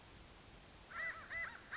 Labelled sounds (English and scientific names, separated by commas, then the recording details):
American Crow (Corvus brachyrhynchos)
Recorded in Sonoma County, California